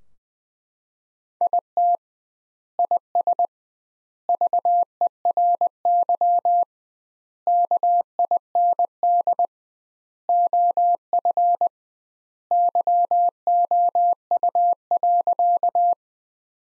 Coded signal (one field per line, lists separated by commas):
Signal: Morse code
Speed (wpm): 20 wpm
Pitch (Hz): 700 Hz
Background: none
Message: IT IS VERY KIND OF YOU.